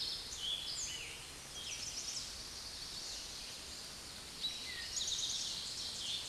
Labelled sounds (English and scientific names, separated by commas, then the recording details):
Eastern Towhee (Pipilo erythrophthalmus) song
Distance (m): 40 m
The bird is about 5 m above the microphone
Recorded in a Pennsylvania forest on 16 May 2024 at 06:07
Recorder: AudioMoth, point MSD-0475
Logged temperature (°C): 12.3 °C
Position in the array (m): 110 m, 6 m